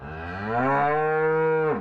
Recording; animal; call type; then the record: contact call of a hoofed animal; cattle; low-frequency (closed-mouth) or high-frequency (open-mouth) call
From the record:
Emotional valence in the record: negative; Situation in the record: full separation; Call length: 1.81 s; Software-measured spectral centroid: 1050 Hz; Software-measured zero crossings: 1440 a second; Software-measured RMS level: -24 dBFS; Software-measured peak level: -12 dBFS